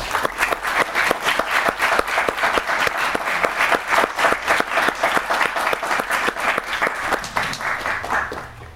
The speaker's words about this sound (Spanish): para la que pido un fuerte aplauso